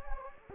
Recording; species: mosquito wingbeat signal from an infrared sensor; Anopheles gambiae